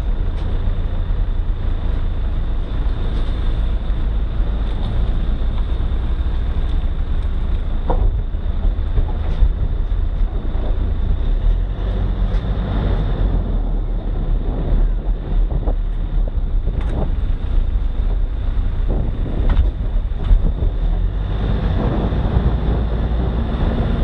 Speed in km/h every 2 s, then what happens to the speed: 6, 5, 7, 6, 6, 12, 14, 14, 13, 12, 15, 28.
0-8 steady at about 6. 8-11 speeds up to 14. 11-19 steady at about 13. 19-22 speeds up to 28.